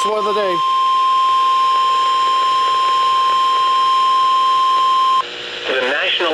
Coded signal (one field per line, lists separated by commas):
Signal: Emergency Alert System (SAME) tones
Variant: 1050 Hz attention tone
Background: speech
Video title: Spring Foolery | EAS Alerts From 3/31-4/2/2024 (EAS #2,443-2,469)